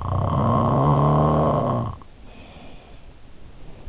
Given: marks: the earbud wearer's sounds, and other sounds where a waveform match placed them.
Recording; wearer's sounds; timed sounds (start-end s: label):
sounds in sleep by an in-ear microphone; snoring breath
0.09-3.35 s: snoring breath